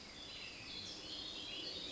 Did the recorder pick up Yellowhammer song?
no